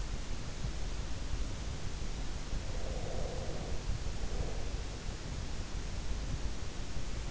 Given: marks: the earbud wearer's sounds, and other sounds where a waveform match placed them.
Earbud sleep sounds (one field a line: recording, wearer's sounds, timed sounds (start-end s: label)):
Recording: sounds in sleep by an in-ear microphone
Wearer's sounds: breath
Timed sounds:
2.54-5.34 s: breath